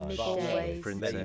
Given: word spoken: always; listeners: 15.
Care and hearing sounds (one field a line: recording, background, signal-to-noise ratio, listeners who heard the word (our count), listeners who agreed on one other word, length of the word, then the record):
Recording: one English word in noise, from a listening test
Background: four-talker babble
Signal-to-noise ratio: -2.4 dB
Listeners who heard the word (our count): 1 of 15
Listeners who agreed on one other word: 8 of 15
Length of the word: 0.85 s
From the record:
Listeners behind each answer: 8, 1, 1, 1, 1, 1, 1, 1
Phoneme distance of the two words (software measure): 44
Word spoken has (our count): 2 syllables, 5 phonemes, stress on syllable 1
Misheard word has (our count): 2 syllables, 5 phonemes, stress on syllable 2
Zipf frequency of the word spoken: 5.76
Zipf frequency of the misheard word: 3.64